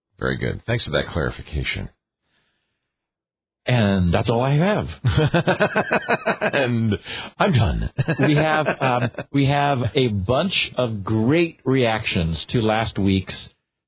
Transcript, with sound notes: Very good. Thanks for that clarification.
And that's all I have.
[Laughing] And, I'm done.
We have a bunch of great reactions to last week's...